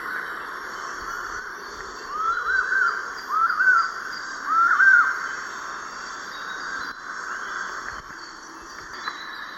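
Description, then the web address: Collared puffbird song: three brief groups of quick, arched mid-pitched notes in the middle, then only soft hiss with faint calls. Eastern lowlands of South America. "Natures Songs S America Eastern Lowlands. Collared Puffbird"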